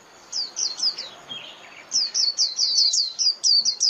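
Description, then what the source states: White-eye call: a short string of high, thin chirps, a pause with a few softer lower notes, then a quick run of sharp falling chirps. Lure call (mồi) used for trapping white-eyes.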